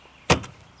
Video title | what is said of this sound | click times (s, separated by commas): Höstcamping med äppelmustning, stjärnskådning och delfiner: Gone Camping på Kolmården och i Västerås | Skjuter in den på plats tills det säger klick | 0.4 s